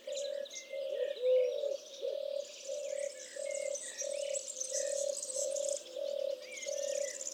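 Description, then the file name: Eurasian collared dove gives one brief coo phrase early on, amid a low pulsing sound repeated throughout and many high chirps. "touterelle turque"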